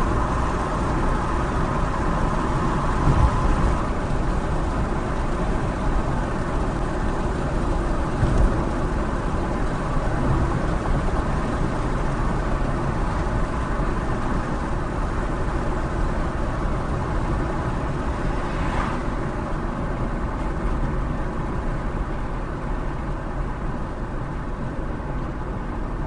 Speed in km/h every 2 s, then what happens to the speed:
74, 76, 76, 74, 74, 72, 71, 69, 68, 68, 58, 53, 52.
0-9 steady at about 74. 9-26 slows to 52.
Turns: none.